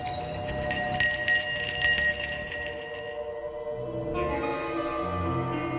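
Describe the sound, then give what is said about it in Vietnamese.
A ritual master on a riverbank continuously shakes a small silver hand bell, circling it around three burning incense sticks; its bright, high metallic ringing is sustained and shimmering, briefly thinning before a second burst of steady ringing resumes. “Ông thầy ở trên bờ đốt 3 nén nhang to lắm, rồi cầm cái chuông bạc ở trên bàn. Thầy đưa tay lắc chuông, cứ thế mà khua nhiều vòng xung quanh 3 que hương, mồm liên tục đọc thần chú.”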